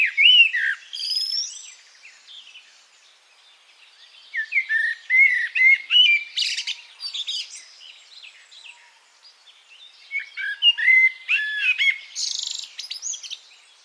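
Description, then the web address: Bird song in three separate bouts of whistles, chirps and buzzy notes, divided by quieter gaps filled with faint chatter. "cianscape birddata Deverinetal 2025 Bird Only"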